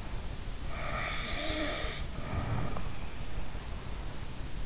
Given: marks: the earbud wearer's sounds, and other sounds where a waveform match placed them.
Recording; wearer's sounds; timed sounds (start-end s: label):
sounds in sleep by an in-ear microphone; snoring breath
0.62-3.10 s: snoring breath